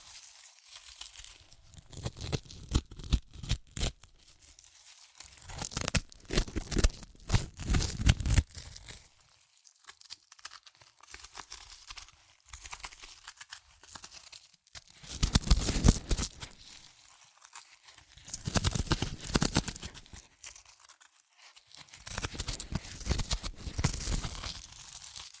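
Crunchy chips are crushed in repeated bursts of dense, crackling tearing and crinkling, separated by brief quiet pauses every few seconds.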